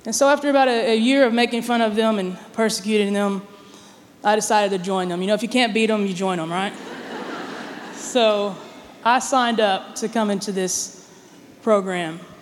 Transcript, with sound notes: After about a year of making fun of them and persecuting them, I decided to join them. Y’know, if you can’t beat 'em, you join 'em, right? (laughter) So I signed up to come into this program,